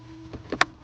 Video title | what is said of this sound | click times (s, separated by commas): Mazda cx3 2019 2.0 A/C filter replacement | You hear that click? | 0.6 s